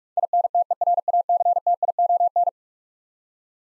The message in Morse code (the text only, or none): INTERACTION